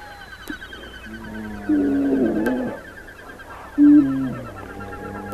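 Brown bear calls: two short, tonal moaning calls about two seconds apart, over a steady low background hum.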